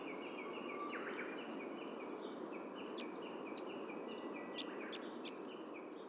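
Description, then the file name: Red crossbill flight calls: a steady series of short, high, downslurred chips, roughly one or two per second, over a constant hiss of background noise. Type E red crossbill; flight calls. "Red Crossbill Type E - FCs"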